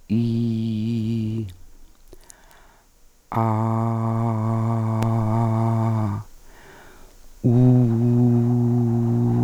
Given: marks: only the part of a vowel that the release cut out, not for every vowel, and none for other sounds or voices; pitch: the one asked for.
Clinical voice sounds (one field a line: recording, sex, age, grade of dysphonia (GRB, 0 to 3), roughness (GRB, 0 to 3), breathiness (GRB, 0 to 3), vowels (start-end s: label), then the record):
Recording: sustained vowels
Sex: female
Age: 60 to 69 years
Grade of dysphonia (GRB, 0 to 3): 2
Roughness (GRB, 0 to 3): 2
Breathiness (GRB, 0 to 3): 1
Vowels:
0.23-1.28 s: vowel /i/, low pitch
3.59-4.99 s: vowel /a/, low pitch
7.73-9.25 s: vowel /u/, low pitch
From the record:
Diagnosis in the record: Reinke's edema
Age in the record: 62 years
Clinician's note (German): Mäßige Form